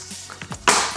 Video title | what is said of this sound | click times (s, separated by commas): HP EliteBook 650 G10 von innen - RAM, SSD, Akku, Lüfter wechseln | das knackt und knöcht genauso laut wie beim aufmachen und | 0.7 s